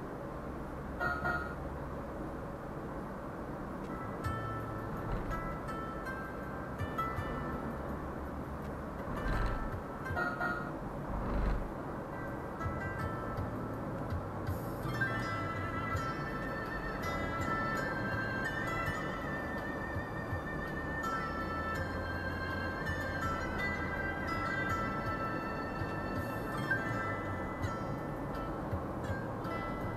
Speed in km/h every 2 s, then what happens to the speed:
51, 52, 52, 54, 56, 56, 56, 56, 57, 60, 60, 59, 60, 60, 59.
0-30 speeds up to 59.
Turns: none.